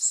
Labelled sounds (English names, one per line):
Golden-winged Warbler flight call